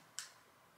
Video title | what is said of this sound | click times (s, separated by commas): Everything I bought at the Sephora Spring Sale 🛍️ - FORTUNE | and these like click why is this clicking | 0.2 s